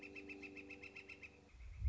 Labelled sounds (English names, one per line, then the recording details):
Northern Flicker
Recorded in Sonoma County, California